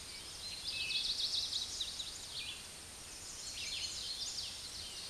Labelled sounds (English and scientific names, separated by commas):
Hooded Warbler (Setophaga citrina) song